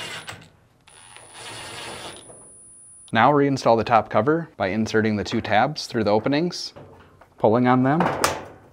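The top cover of a Fisher & Paykel dryer, being reassembled during a drum bearing kit replacement (part #479332), is handled as its two tabs are to be inserted through the openings in the dryer cabinet and pulled to snap in place. Faint handling noise and a few light ticks near 0.9 s are heard over a thin steady high tone, then someone talks. Nothing has seated or clicked yet.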